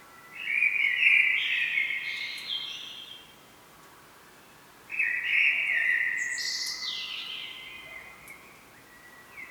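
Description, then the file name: Common blackbird singing two mellow, warbled phrases separated by a pause, each low and fluty before breaking into a higher, thin twitter. "Turdus merula"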